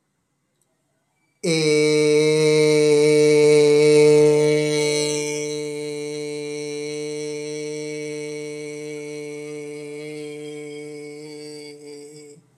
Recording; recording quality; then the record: sustained vowel as in made; excellent, no background noise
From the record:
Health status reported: COVID-19 positive, mild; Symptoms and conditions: cough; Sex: male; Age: 26 years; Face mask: not worn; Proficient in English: yes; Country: India